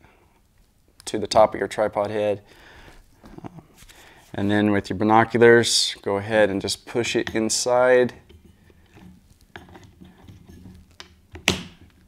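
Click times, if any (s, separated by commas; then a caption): 11.5 s. A Vortex Pro binocular adapter fitted to binoculars is pushed into the quick-release plate on top of a tripod head while someone talks. After a few small handling taps, a sharp click at 11.5 seconds marks the latch engaging and the adapter fully seated.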